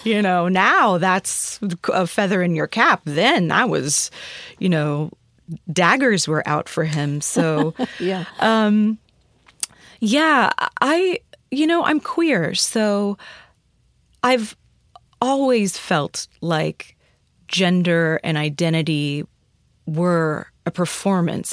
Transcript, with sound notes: You know, now that's a feather in your cap. Then, that was - you know, daggers were out for him. So...
(Laughter) Yeah.
Yeah, you know, I'm queer. So I've always felt like gender and identity were a performance.